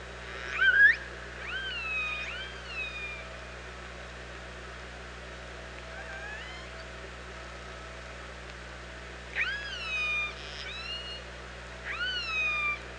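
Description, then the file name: Orca calls: harmonic, whistle-like sweeps that rise then fall, in a cluster near the start and another toward the end, over a steady low hum. Recorded by OrcaLab on 24 August 2017 at 07:46. "Orca Lab UTLN JASON 20170824 074610"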